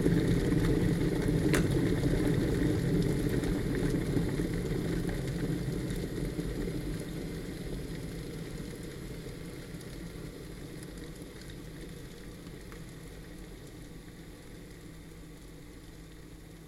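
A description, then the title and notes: A kettle's low, dense bubbling rumble, loudest at the start, steadily fades and thins over the clip, with a faint click early on. Kettle Boil.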